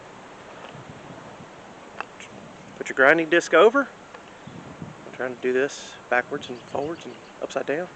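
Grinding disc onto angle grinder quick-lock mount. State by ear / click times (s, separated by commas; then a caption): not seated / none. A grinding disc is handled and positioned over the tool-free quick-lock (X-Lock) mount of a Makita 18V cordless angle grinder while someone talks, with a few brief handling taps around 2.0, 2.2 and 4.2 seconds. Nothing has seated or clicked yet; the disc is not locked home by the end of the clip.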